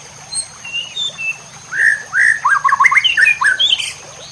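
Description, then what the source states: White-rumped shama song opens with soft separate whistles, then breaks into a rapid burst of rich, looping whistled notes, some rising and some falling. Masteran (training recording for cage birds) of white-rumped shama, locally murai batu, labelled labaik.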